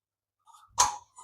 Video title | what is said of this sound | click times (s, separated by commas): ഈ ടെക്നോളജി നിങ്ങളുടെ വീട്ടിൽ ഉണ്ടെങ്കിൽ വീട്ടിൽ സ്ഥലം കുറയുകയില്ല../ folding staircase/ Channel 5 | നമ്മള ഈ ലോക്ക് ഒന്ന് റിലീസ് ചെയ്തതിനു ശേഷം | 0.8 s